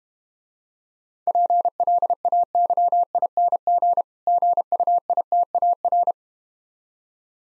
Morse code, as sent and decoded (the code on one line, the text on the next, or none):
.--. .-.. .- -.-- .. -. --. / --. ..- .. - .- .-.
PLAYING GUITAR